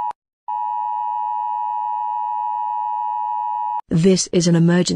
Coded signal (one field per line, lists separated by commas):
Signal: Emergency Alert System (SAME) tones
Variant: 853 and 960 Hz attention tone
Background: speech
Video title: Super Evil Kaos: A Peaceful Arrival Gone Wrong | A BBC EAS Scenario